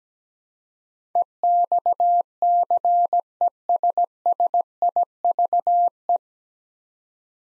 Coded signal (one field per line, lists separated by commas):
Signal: Morse code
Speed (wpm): 17 wpm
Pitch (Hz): 700 Hz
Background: none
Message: EXCESSIVE